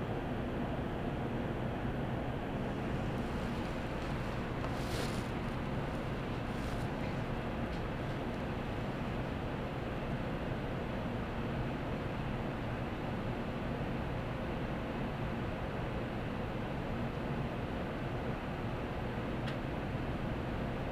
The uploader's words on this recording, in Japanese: 東海道新幹線 名古屋→豊橋 こだま号自由席。14号車に乗車しました。